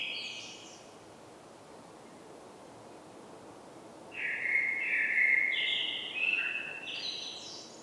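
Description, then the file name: Common blackbird singing: the tail of a phrase with high notes at the start, then after a pause a louder mellow warbled phrase from about four seconds that ends in higher squeaky notes. "Turdus merula"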